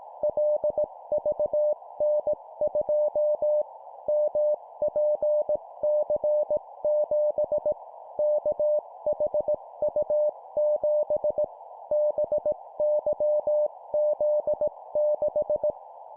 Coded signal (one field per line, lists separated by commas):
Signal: Morse code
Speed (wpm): 18 wpm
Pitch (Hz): 600 Hz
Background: none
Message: LVN2 MPC7 KHU7 BYZ6